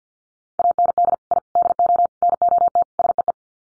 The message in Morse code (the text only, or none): AND I DO NOT SEE